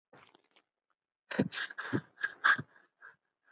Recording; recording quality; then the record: shallow breathing; poor, much background noise or distortion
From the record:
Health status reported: healthy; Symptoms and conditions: none ticked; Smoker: not ticked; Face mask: not worn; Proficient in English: yes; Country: India